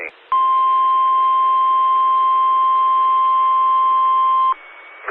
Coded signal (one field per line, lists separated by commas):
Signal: Emergency Alert System (SAME) tones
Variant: 1050 Hz attention tone